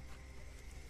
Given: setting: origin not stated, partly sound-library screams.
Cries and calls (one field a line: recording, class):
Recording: one-second piece from a danger detection set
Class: normal situation